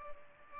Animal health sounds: mosquito wingbeat signal from an infrared sensor; Culex pipiens

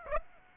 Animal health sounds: mosquito wingbeat signal from an infrared sensor; Aedes aegypti

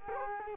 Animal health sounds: mosquito wingbeat signal from an infrared sensor; Culex quinquefasciatus

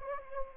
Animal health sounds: mosquito wingbeat signal from an infrared sensor; Anopheles gambiae

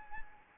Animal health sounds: mosquito wingbeat signal from an infrared sensor; Anopheles arabiensis

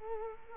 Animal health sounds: mosquito wingbeat signal from an infrared sensor; Culex quinquefasciatus

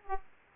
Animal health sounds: mosquito wingbeat signal from an infrared sensor; Aedes aegypti

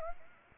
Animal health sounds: mosquito wingbeat signal from an infrared sensor; Anopheles arabiensis

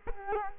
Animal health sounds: mosquito wingbeat signal from an infrared sensor; Culex quinquefasciatus

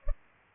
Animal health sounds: mosquito wingbeat signal from an infrared sensor; Culex pipiens

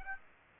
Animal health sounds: mosquito wingbeat signal from an infrared sensor; Aedes aegypti

